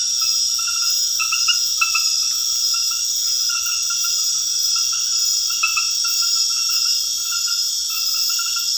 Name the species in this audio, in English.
none